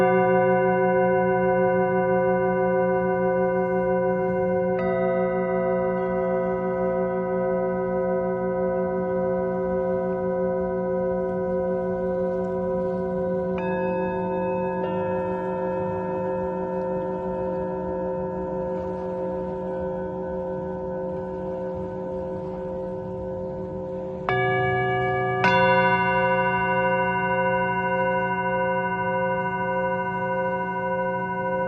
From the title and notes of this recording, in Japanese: メキシコから シンギングボウルのサウンドヒーリング。